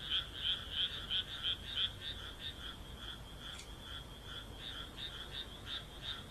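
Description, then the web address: Frog croaks in a quick run of loud, ringing notes for the first two seconds, then softer repeated croaks at a similar pace. "kaeru kaeru"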